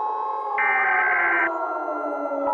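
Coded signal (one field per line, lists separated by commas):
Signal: Emergency Alert System (SAME) tones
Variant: header bursts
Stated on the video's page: Fictional EAS scenario.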